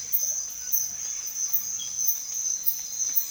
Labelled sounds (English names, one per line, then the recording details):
none
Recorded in secondary vegetation near Puerto Asís, Putumayo, Colombia, on 30 June 2025 at 06:30
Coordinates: 0.498, -76.327
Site GP09